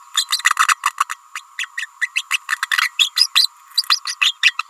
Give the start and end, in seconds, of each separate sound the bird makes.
0.14-0.29, 0.32-0.42, 0.44-0.54, 0.68-0.75, 1.35-1.41, 1.58-1.68, 1.77-1.86, 2.01-2.12, 2.15-2.23, 2.31-2.39, 2.81-2.94, 2.98-3.11, 3.16-3.28, 3.35-3.49, 3.89-4.00, 4.05-4.15, 4.20-4.36, 4.43-4.56, 4.59-4.63